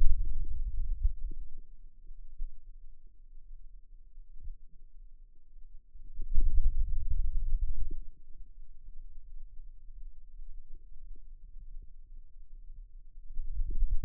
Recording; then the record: forearm muscle sounds (acoustic myography)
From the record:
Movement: hand opening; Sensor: system 2, bracelet of six BSWA MPA416 microphones around the upper forearm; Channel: 4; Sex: male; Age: 22 years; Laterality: right